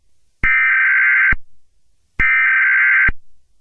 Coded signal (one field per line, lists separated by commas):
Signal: Emergency Alert System (SAME) tones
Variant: header bursts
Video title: The Eas (Gcc: A Ranger Knight)